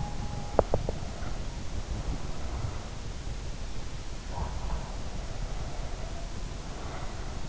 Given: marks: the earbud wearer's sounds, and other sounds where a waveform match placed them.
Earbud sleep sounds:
sounds in sleep by an in-ear microphone; teeth grinding, breath
0.31-1.21 s: teeth grinding
4.21-7.49 s: breath

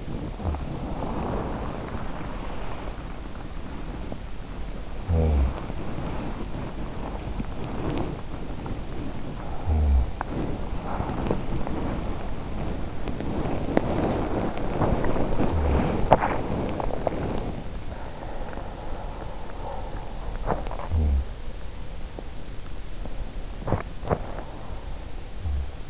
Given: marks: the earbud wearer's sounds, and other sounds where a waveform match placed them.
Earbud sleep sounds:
sounds in sleep by an in-ear microphone; body movement, teeth grinding
0.00-25.90 s: body movement
0.08-0.81 s: sound from someone else or the room
4.66-5.76 s: sound from someone else or the room
9.30-10.29 s: sound from someone else or the room
15.37-16.04 s: sound from someone else or the room
20.59-21.31 s: sound from someone else or the room
23.55-24.44 s: teeth grinding

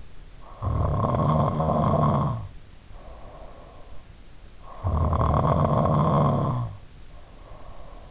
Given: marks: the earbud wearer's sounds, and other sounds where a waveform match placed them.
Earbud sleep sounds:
sounds in sleep by an in-ear microphone; snoring breath
0.52-3.83 s: snoring breath
4.69-8.11 s: snoring breath

